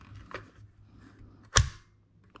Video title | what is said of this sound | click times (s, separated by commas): New Zastava PAP M90-PS 5.56 NATO Modernized AK Rifle (Range Review, Features, & Mag Compatability) | but it actually locks in | 1.6 s